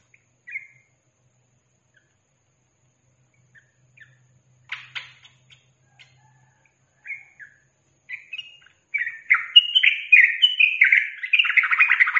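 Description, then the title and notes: Yellow-vented bulbul song: scattered short chirps for several seconds, then a fast, bubbly run of warbled notes that builds and continues to the end. Masteran training recording for songbirds, featuring the tembakan and ropel song styles. "MASTERAN Trucukan Tembakan Dan Ropel 1. BURUNG TRUCUKAN"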